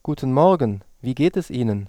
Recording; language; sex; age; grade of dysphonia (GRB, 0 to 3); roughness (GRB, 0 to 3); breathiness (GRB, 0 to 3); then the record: spoken sentence; German; male; 30 to 39 years; 0; 0; 0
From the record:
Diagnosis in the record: hyperfunctional dysphonia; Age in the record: 32 years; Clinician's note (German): Bei ausgebildeter Gesangsstimme